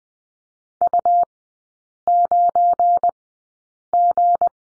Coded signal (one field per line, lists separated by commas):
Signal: Morse code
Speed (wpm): 20 wpm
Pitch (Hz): 700 Hz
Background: none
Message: U9G